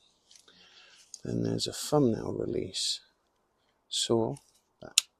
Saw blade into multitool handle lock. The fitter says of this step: also locks into place.